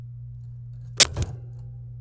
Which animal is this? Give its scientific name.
Serinus canaria